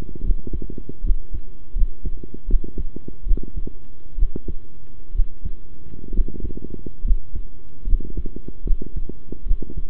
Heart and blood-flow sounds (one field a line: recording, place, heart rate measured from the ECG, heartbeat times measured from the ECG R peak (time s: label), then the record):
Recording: heart sounds by stethoscope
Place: between the tricuspid and mitral areas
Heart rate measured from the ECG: 72 bpm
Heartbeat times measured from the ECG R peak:
0.23 s: heartbeat
1.03 s: heartbeat
1.75 s: heartbeat
2.47 s: heartbeat
3.25 s: heartbeat
4.17 s: heartbeat
5.14 s: heartbeat
6.12 s: heartbeat
7.03 s: heartbeat
7.86 s: heartbeat
8.64 s: heartbeat
9.45 s: heartbeat
From the record:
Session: rest, sitting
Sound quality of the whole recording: good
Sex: male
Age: 23 years